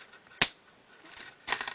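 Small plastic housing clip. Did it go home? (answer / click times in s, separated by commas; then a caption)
yes / 0.4 s. While reassembling a Palm Tungsten T2 handheld PDA, the plastic case halves are pressed together and the plastic housing snap clip engages into the mating case half with a sharp click at 0.4 s, confirming it is seated. A quieter cluster of small clicks and rattles follows around 1.5–1.7 s.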